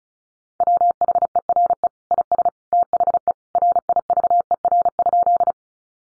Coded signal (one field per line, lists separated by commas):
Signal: Morse code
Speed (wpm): 34 wpm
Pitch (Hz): 700 Hz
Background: none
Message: WHERE IS THE RIVER?